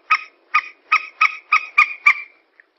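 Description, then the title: Yellow-vented bulbul giving seven harsh, chattering notes in a steady run, roughly three per second, then a faint final chip. Bird lure recording. "PIKAT TRUCUKAN"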